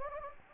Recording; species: mosquito wingbeat signal from an infrared sensor; Anopheles gambiae